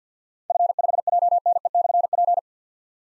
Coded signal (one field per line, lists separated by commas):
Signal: Morse code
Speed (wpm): 47 wpm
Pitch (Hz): 700 Hz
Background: none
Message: F5JNE/P